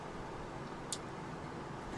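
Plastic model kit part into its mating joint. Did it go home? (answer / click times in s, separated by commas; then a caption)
no / none. A builder presses one side of a plastic Bandai MG Sazabi Ver. Ka model kit arm or body part into its mating joint, expecting it to snap into place. Only steady low hiss is heard, with one faint, brief high tick near 0.9 s. The part has not snapped in and nothing has clicked, so it is unclear whether the parts are really together.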